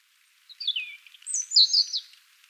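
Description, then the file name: European robin song phrase: thin high notes sliding downward, then a brighter burst of rapid warbled trills, all high-pitched and delicate. "Erithacus rubecula"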